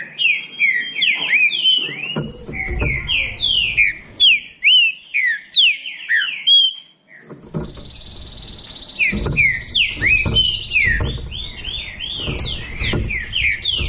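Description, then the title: Green-winged saltator song, loud sliding whistled notes in quick succession, a brief lull, then another long burst of rapid whistles with low rumbling background. Classic song style (canto clássico). "Canto Clássico Trinca Ferro TREINAMENTO"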